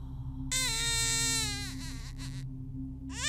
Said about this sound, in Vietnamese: Bỗng nhiên từ trên nhà có tiếng trẻ con, nó khóc ré cả lên.